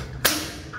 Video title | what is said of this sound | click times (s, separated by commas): Ganito Dapat-Malinis at Maayos Ang Electrical Pannel Board-Bungalow Electrical Project-MotoElect TV | Yan. Hindi nyo na mabubuksan yan guys, nakalock na yan. | 0.3 s